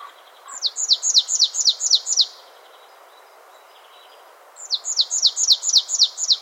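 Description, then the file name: Marsh tit giving a fast run of about seven high, sharply falling notes, a pause of a couple of seconds, then another similar run. "Poecile palustris"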